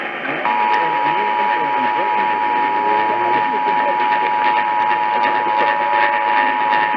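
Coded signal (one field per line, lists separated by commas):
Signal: Emergency Alert System (SAME) tones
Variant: 853 and 960 Hz attention tone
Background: speech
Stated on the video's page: Emergency Alert System Required Weekly and Required Monthly Tests from August 2020.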